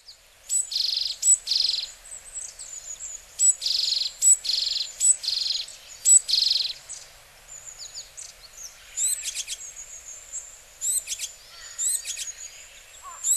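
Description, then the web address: Japanese tit calls: harsh, buzzy high bursts in short series, then sharper clicking notes in quick clusters. Recorded in Hyogo, Japan. "koe sijuukara 0903 hyogo kaji"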